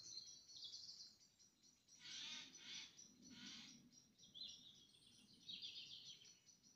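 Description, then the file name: Eurasian jay giving two or three harsh, rasping screeches in quick succession, while other small birds sing high thin phrases before and after. "Garrulus glandarius"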